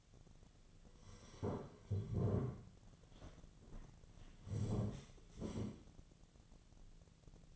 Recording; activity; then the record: daily activity, microphone in the room; sit down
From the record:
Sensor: 4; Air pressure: 1009.0 hPa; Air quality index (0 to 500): 170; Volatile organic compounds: 5 ppm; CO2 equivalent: 1707 ppm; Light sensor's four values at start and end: 24/74/28/27 and 24/74/28/27